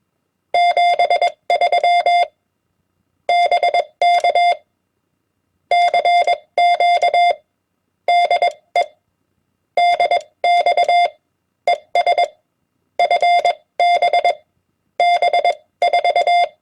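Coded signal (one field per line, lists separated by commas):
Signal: Morse code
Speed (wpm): 21 wpm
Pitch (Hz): 700 Hz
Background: none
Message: 73 BK CQ DE DX ES FB B4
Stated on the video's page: Common amateur CW QSO abbreviations and words sent on a key at 20 wpm.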